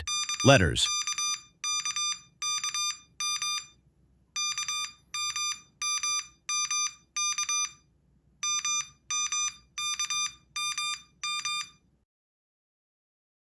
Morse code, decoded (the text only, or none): KKKKM KMMMK MMKMM